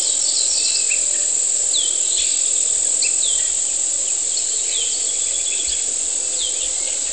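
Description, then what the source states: Cicadas drone in a continuous shrill high buzz while several birds give short chirps and down-slurred notes in the background. Humid morning on the outskirts of San Cristóbal de Las Casas, Chiapas, May 2021; birds also recorded.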